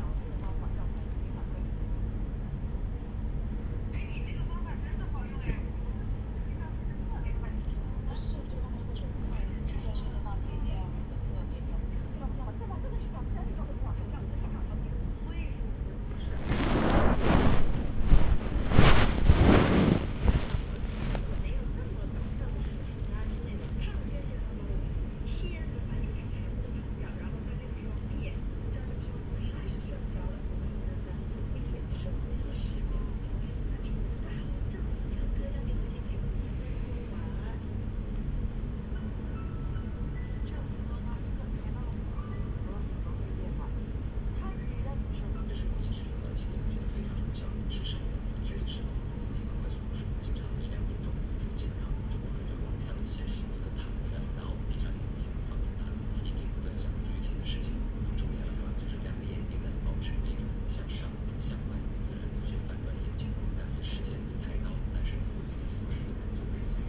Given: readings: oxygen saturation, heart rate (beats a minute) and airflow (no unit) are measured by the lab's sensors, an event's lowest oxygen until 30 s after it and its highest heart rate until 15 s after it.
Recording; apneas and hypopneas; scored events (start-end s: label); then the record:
a person awake in a sleep study, by a smartphone at the bedside; none
0.00-66.89 s: awake
From the record:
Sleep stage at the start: awake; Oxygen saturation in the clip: 95 to 96%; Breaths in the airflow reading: 17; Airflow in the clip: -2.3 to 6.2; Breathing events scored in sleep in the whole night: 335 in 6.7 hours asleep